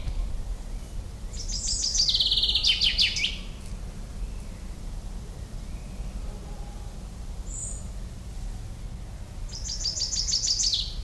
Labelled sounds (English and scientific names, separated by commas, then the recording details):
Common Chaffinch (Fringilla coelebs) song
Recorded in the wild
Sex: male
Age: adult
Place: Liepnitzsee, Brandenburg, DE
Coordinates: 52.75, 13.51
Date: 1995-05-06 19:44
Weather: heiter, 20°C, böiger Wind
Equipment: Marantz CP 430, Sennheiser ME 80, Kopie Uher 4000 Report Monitor
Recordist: Tembrock, Günter